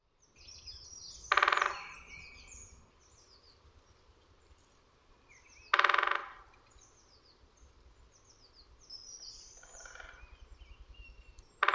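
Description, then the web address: Bird calls: loud rasping bursts recur every four to five seconds, while faint high-pitched chirps flicker above. "aves"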